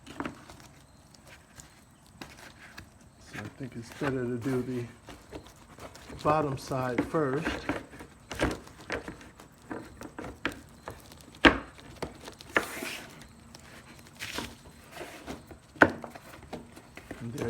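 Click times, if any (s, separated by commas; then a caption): 10.4 s, 12.6 s, 15.8 s. Someone talks while pressing the bottom edge of a painted plastic side step trim on a BMW X5/X6 E71 into its running board retainers. Sharp clicks at 10.4, 12.6 and 15.8 seconds are the clips popping into place, and the bottom half of the trim is seated.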